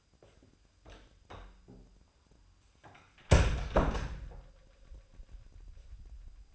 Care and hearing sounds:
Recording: daily activity, microphone in the room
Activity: close door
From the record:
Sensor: 2

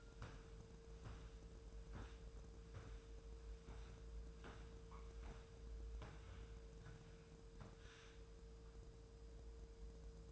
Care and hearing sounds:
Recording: daily activity, microphone in the room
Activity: walk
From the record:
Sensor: 2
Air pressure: 1005.3 hPa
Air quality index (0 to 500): 100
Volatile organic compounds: 2 ppm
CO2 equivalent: 1209 ppm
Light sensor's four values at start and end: 8/20/8/8 and 8/20/8/8

